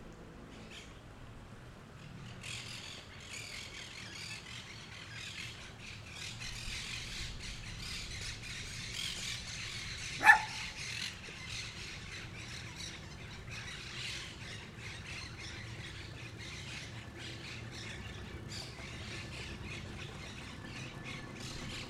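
Outdoors in the river delta, a steady low rumble sits under scattered faint bird calls, with one sharp loud squawk near the midpoint.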